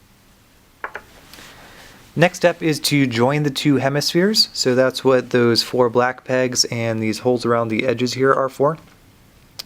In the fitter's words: push it in there, hear it snap in place, and then that's it for the front hemisphere.